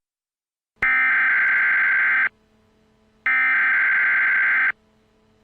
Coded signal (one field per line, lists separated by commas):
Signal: Emergency Alert System (SAME) tones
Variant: header bursts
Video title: The Nuclear Delivery: An EAS Scenario